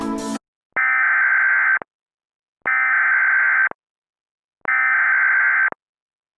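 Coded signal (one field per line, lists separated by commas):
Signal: Emergency Alert System (SAME) tones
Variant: header bursts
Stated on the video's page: Reenactment mock of a severe thunderstorm warning with valid EAS tones, made with edited headers and audio editing.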